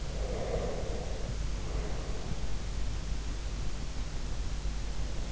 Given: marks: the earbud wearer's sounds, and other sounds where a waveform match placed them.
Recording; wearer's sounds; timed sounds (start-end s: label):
sounds in sleep by an in-ear microphone; breath
0.03-2.37 s: breath